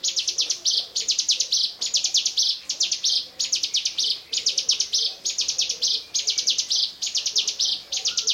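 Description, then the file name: Bar-winged prinia song: rapid bursts of high, buzzy clicking notes, each burst ending in a fuller trill, repeated steadily about once a second with no pause. "ciblekmonster"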